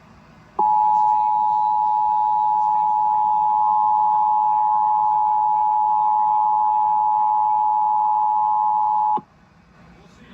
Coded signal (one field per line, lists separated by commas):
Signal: Emergency Alert System (SAME) tones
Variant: 853 and 960 Hz attention tone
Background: speech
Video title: October’s Enhanced Nightmares | EAS Alerts from 10/10/21 (EAS #71-95)